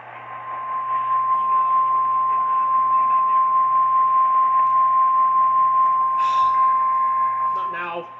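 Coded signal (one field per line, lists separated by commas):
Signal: Emergency Alert System (SAME) tones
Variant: 1050 Hz attention tone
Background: speech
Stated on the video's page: Weather alerts.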